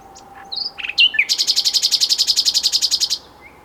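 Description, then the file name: Common nightingale song opening with a couple of slurred whistles, then a rapid rattling trill of many high, evenly spaced notes. "Luscinia megarhynchos"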